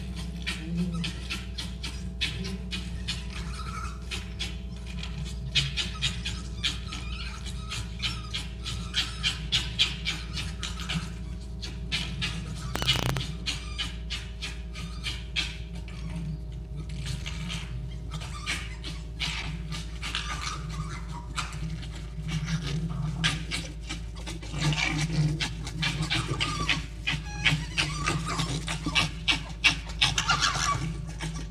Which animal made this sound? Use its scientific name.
Vulpes vulpes